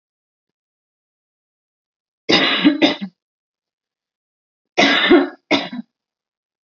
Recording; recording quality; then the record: heavy voluntary cough; excellent, no background noise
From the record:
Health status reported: healthy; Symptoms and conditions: none ticked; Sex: female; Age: 18 years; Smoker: not ticked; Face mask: not worn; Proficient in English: yes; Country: India